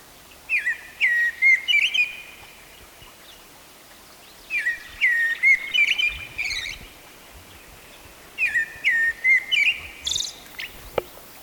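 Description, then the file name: Common blackbird singing three warbled phrases, each a low fluting whistle followed by a squeaky high twitter, spaced about four seconds apart over quiet background hiss. "Turdus merula"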